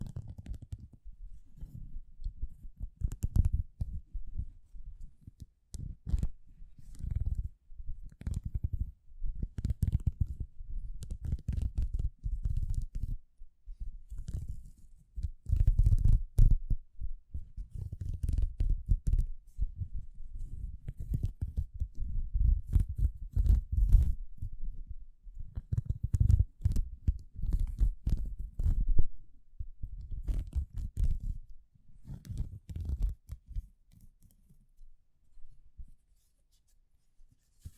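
Gloves being handled, with dense, irregular rustling and rubbing that comes in bursts throughout. The sound is mostly low and muffled, with brief crinkly clicks reaching higher. Activity is busiest around the middle, and short quiet gaps fall between handling bursts before it thins out near the end.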